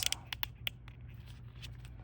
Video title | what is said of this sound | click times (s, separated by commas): Cleaning a Briggs and Stratton plastic carburetor | and uh work it down. It'll snap into place. | 0.7 s